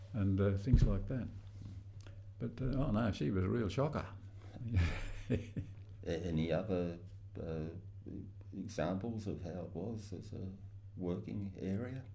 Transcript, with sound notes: Things like that. But, oh no she was a real shocker [laughs]
Any other examples of how it was as a working area?